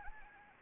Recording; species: mosquito wingbeat signal from an infrared sensor; Anopheles gambiae